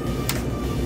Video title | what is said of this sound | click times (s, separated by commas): Find out if a Bevmax 5591 is the right machine for your Vending Business! #vendingbusiness #vending | and we're gonna snap it in snaps | 0.3 s